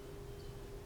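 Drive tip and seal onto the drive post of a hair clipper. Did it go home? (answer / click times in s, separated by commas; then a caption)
no / none. A new plastic drive tip with its rubber seal is wiggled flat onto the motor drive post of an Oster Volt lithium-ion cordless hair clipper. Only a low, steady hum with a faint tone and soft handling noise is heard, with no distinct click. Nothing has seated or popped into place yet.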